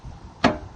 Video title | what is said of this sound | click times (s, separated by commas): VW T4 Indicators Replacement | you hear that click | 0.4 s